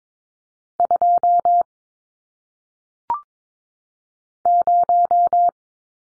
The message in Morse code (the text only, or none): 2 0